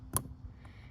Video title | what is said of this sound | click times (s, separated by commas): Inflatable Paddle Board Review - FunWater 11’ | that's going to be faced up it's going to go in and it's going to you'll hear like a little click | 0.2 s